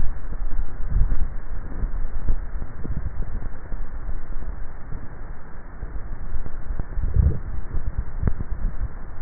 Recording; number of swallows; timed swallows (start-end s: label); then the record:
swallowing sounds by neck microphone; 2
2.62-3.28 s: swallow
6.85-7.48 s: swallow
From the record:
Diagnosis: dysphagia